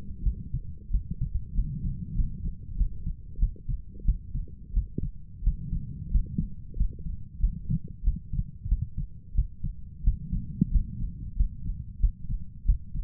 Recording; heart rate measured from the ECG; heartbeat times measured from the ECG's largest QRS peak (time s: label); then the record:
heart sounds by stethoscope; 92 bpm
0.23 s: heartbeat
0.91 s: heartbeat
1.54 s: heartbeat
2.15 s: heartbeat
2.77 s: heartbeat
3.39 s: heartbeat
4.05 s: heartbeat
4.73 s: heartbeat
5.43 s: heartbeat
6.11 s: heartbeat
6.77 s: heartbeat
7.40 s: heartbeat
8.03 s: heartbeat
8.68 s: heartbeat
9.34 s: heartbeat
10.03 s: heartbeat
10.71 s: heartbeat
11.36 s: heartbeat
12.00 s: heartbeat
12.65 s: heartbeat
From the record:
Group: healthy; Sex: male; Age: 23 years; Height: 179 cm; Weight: 87 kg